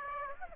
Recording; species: mosquito wingbeat signal from an infrared sensor; Aedes aegypti